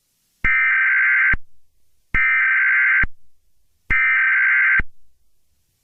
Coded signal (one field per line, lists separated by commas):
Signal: Emergency Alert System (SAME) tones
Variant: header bursts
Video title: EAS Scenario #65: Attack of The Killer Scorpions